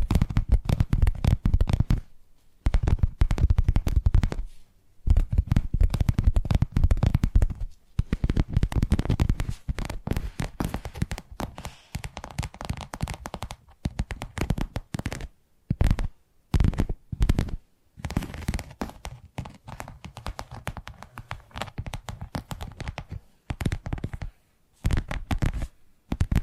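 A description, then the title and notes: Tapping triggers come in quick, dense bursts of clicky knocks, with short silent gaps breaking them up every second or two. The strongest, heaviest runs come in the first eight seconds. After that the taps turn lighter and more scattered, with frequent pauses, through to the end. ASMR 10 Addictive Tapping Triggers. (No Talking).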